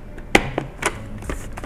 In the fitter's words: yang k sudah mengunci kita tinggal masukin yang sebelah kiri Oke